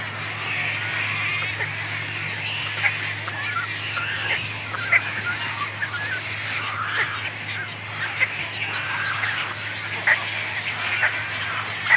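Brown Pelican: many harsh, rough squawks in uneven runs over a constant hissing din and a low hum.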